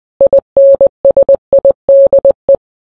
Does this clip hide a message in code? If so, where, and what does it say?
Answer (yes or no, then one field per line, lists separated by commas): yes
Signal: Morse code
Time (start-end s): 0.2-2.6 s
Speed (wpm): 20 wpm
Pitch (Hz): 550 Hz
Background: none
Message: INSIDE